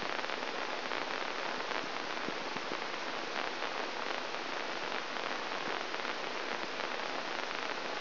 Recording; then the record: brain microelectrode recording played as sound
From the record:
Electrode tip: inside the subthalamic nucleus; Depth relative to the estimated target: -3 mm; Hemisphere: left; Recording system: AlphaMap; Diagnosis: Parkinson's disease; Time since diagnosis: 10 years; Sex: male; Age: 47 years